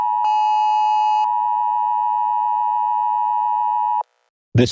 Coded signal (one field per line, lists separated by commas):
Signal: Emergency Alert System (SAME) tones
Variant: 853 and 960 Hz attention tone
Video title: EAS scenario: alligator attacks